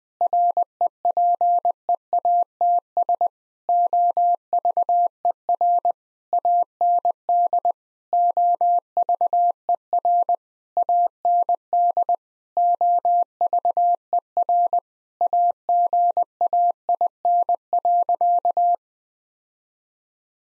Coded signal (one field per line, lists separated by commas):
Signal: Morse code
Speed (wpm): 20 wpm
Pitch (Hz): 700 Hz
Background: none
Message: REPEATS OVER AND OVER AND OVER AGAIN.